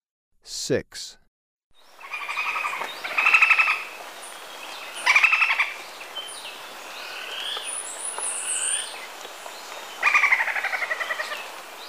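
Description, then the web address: Golden-headed quetzal gives several rapid cackling runs of notes, with scattered high calls from other birds between them. Recorded in Ecuador. "Natures Songs S America Birds of Ecuador Golden-headed Quetzal"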